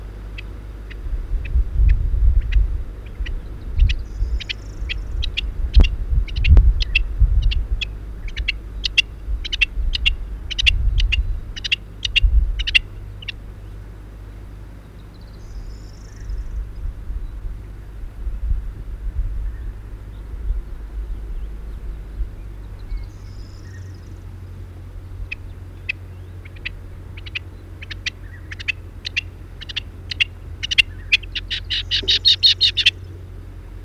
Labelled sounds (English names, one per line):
Rock Partridge call